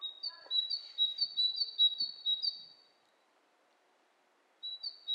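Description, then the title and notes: Bird calls: a rapid series of high paired chirps for about three seconds, quiet, then a short chirping burst resumes at the end. Two birds interacting, lo-fi recording. "bird dialogs. lo-fi recording of two birds interacting"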